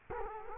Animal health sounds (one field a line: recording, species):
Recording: mosquito wingbeat signal from an infrared sensor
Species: Culex quinquefasciatus